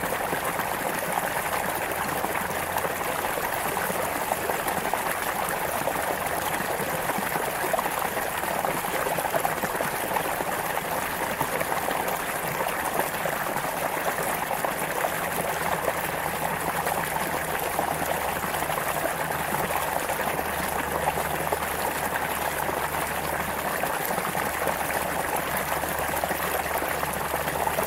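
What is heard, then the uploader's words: Running water from a creek flows steadily for the whole stretch, a dense, even rush with no pauses or surges. The sound is full, bright hiss over a mid-range burble, with a faint low hum underneath that shifts slightly after the midpoint. CREEK AND RIVER RELAXING AMBIENT SOUND. A relaxing soundscape of the natural sounds of a creek and river. The soothing sounds of running water.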